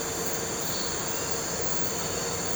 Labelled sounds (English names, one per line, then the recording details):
none
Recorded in pastures near Puerto Asís, Putumayo, Colombia, on 4 March 2025 at 02:00
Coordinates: 0.466, -76.322
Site CSA-02